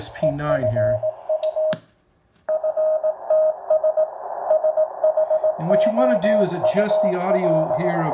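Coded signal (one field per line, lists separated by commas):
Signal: Morse code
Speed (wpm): 18 wpm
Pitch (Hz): 620 Hz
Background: speech, radio noise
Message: E FU FTS SHOUL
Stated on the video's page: Older rig's CW heard through a Timewave DSP audio filter.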